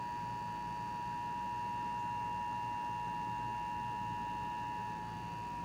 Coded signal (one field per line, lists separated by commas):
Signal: Emergency Alert System (SAME) tones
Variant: 853 and 960 Hz attention tone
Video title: An eas alert that I captured during the 2020 sc tornado outbreak.